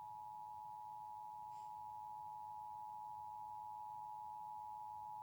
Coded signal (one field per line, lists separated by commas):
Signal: Emergency Alert System (SAME) tones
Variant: 853 and 960 Hz attention tone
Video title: EAS #10 Required monthly test for Pennsylvania on WPVI part 1